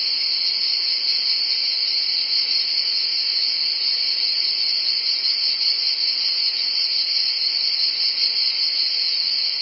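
Cicadas keep up a constant shrill whine, level and unvarying throughout.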